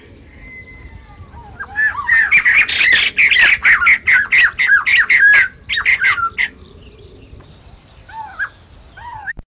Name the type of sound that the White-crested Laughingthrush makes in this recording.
song